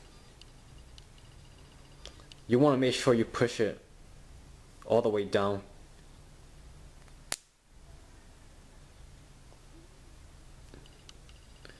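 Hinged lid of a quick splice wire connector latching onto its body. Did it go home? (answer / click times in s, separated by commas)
yes / 7.3 s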